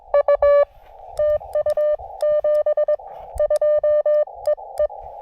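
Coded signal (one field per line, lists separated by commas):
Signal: Morse code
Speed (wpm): 20 wpm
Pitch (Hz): 590 Hz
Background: none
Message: U TU 72 EE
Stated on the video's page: Morse code SOTA activations from two North Carolina summits along the Blue Ridge Parkway.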